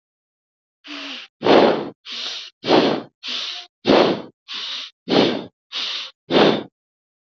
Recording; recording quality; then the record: shallow breathing; excellent, no background noise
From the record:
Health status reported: healthy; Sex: female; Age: 26 years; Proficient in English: yes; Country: India